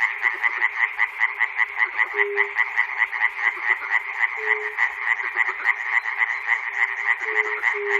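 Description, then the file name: Frogs calling in a dense chorus, rapid rattling croaks with occasional lower drawn-out notes. Frogs recorded at Chernobyl. "peter cusack-chernobyl frogs"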